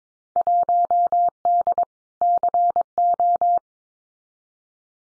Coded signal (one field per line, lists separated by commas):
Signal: Morse code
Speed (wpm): 22 wpm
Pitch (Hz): 700 Hz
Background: none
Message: 1D CO